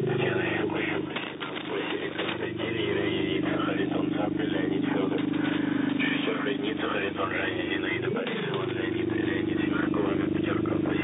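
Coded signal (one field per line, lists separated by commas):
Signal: coded military voice message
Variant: The Pip, Russian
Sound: a steady low buzzing tone with a muffled spoken voice over shortwave static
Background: radio static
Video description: "The Pip" is a Russian military radiostation that broadcasts on 5448 kHz at daytie and 3756 kHz at nighttime.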